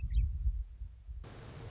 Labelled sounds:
Western Meadowlark (Sturnella neglecta)
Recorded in Sonoma County, California

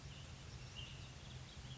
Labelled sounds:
Ash-throated Flycatcher (Myiarchus cinerascens)
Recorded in Sonoma County, California

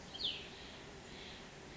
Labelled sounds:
Cassin's Vireo (Vireo cassinii)
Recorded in Sonoma County, California

